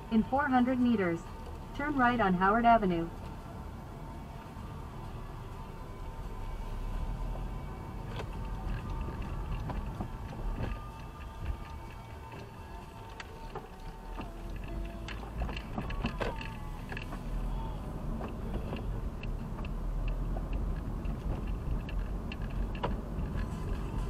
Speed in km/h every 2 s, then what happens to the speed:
13, 16, 12, 19, 15, 10, 7, 14, 17, 24, 27, 30.
0-7 steady at about 13. 7-12 slows to 7. 12-24 speeds up to 30.